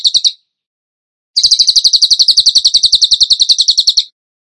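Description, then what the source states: Bird song: a short rapid trill, a second of silence, then a long fast run of evenly repeated sharp chirps lasting nearly three seconds. Masteran (training recording for songbirds) in the tembakan gacor song style.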